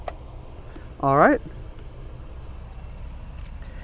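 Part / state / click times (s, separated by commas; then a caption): child car seat LATCH hook onto vehicle lower anchor / seated / 0.1 s. The lower LATCH hook of a child car seat strap is pushed onto the lower anchor bar of a Grand Cherokee, and a sharp click sounds at 0.1 s. Someone talks briefly around 1.0–1.4 s over quiet background noise. The hook is seated on the anchor.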